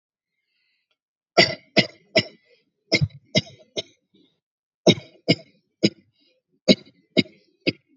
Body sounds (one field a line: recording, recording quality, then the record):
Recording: shallow voluntary cough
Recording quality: excellent, no background noise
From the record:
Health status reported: respiratory illness, not identified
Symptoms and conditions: asthma, diabetes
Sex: male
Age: 40 years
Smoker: not ticked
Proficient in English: yes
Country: India